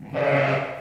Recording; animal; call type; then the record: contact call of a hoofed animal; sheep; low-frequency (closed-mouth) or high-frequency (open-mouth) call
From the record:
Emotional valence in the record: negative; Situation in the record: short social isolation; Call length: 0.81 s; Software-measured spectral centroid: 1480 Hz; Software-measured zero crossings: 1690 a second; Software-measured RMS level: -23 dBFS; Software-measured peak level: -9 dBFS